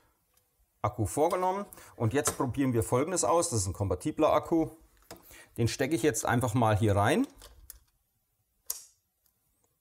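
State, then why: Seated. A compatible rechargeable battery fitted with a home-made aluminium shoe adapter is pushed into the battery slot of a Sony HDR-CX900E camcorder while someone talks. After the talking stops, a sharp click is heard at 8.7 s as the battery latches in and seats.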